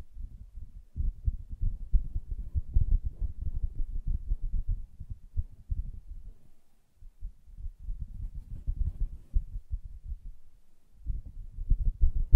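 Soft tapping and scratching on a fabric surface, all muffled and low with nothing bright above it. Dense bursts of thuds and rubbing run through most of the clip, easing into near quiet around six to seven seconds and again near eleven.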